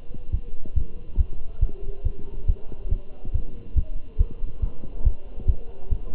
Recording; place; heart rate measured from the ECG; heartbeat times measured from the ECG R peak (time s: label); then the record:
heart sounds by stethoscope; between the tricuspid and mitral areas; 140 bpm
0.33 s: heartbeat
0.77 s: heartbeat
1.19 s: heartbeat
1.62 s: heartbeat
2.06 s: heartbeat
2.49 s: heartbeat
2.91 s: heartbeat
3.35 s: heartbeat
3.77 s: heartbeat
4.20 s: heartbeat
4.63 s: heartbeat
5.06 s: heartbeat
5.49 s: heartbeat
5.92 s: heartbeat
From the record:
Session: Bruce protocol treadmill stress test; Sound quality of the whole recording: good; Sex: male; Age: 27 years